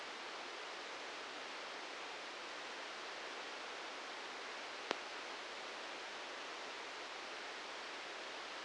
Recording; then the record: brain microelectrode recording played as sound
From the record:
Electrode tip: inside the subthalamic nucleus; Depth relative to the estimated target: 1 mm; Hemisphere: right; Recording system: NeuroSet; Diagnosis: Parkinson's disease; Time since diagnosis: 19 years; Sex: female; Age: 69 years